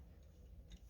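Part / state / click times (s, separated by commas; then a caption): body section of a transforming plastic action figure into its locked position / not seated / none. A whole plastic body section of a Transformers Studio Series 86-01 Jazz transforming action figure is folded and pressed toward its locked position, with quiet plastic handling and a brief faint tick around 0.7 s. The section has not popped into place, and nothing has seated or clicked yet.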